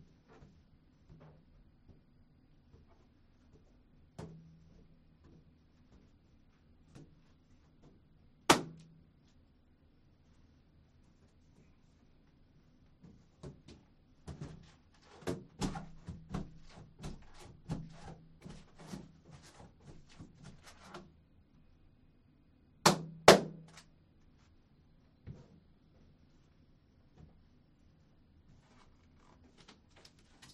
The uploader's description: popped them one at a time with a needle taped to a stick